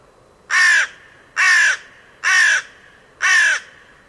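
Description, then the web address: Bird calling with four rasping, cawing notes, each slightly falling in pitch, spaced just under a second apart against a quiet backdrop. Calls rendered as "Co Co Co Co". "cianscape birddata Deverinetal 2025 Bird Only Co Co Co Co"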